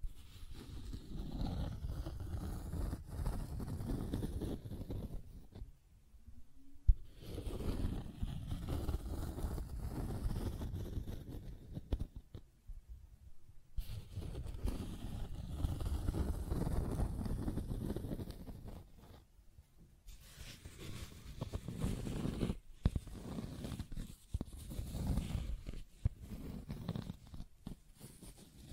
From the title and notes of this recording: ASMR 1 Hour Scratching and Tracing Sounds (No Talking).